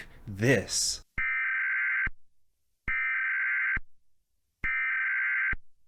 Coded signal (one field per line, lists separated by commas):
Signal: Emergency Alert System (SAME) tones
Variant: header bursts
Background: speech